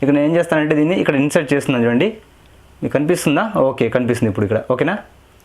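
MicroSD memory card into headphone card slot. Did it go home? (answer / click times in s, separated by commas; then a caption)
no / none. A TF (microSD) memory card is pushed into the plastic card slot of P47 wireless headphones, after first being tried the wrong way round and rotated. Someone talks throughout, with a short quiet pause around 2.2–2.8 s, and no distinct click stands out. The card has not seated or clicked into the slot yet.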